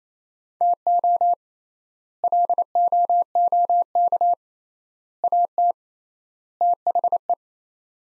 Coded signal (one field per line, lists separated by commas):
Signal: Morse code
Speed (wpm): 27 wpm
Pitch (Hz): 700 Hz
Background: none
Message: TO LOOK AT THE